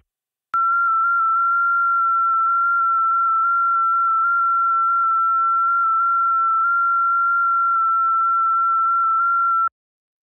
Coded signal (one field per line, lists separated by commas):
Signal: FT8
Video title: Decent Conditions Across Both Ponds On 20m FT8...